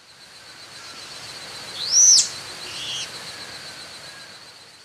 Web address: Natures Songs S America Birds of Ecuador Brown-capped Vireo